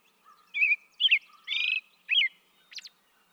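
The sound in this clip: American robin song phrases: slurred whistled notes, a buzzy trilled note, another slurred note and a final high squeaky note, with a faint lower note behind.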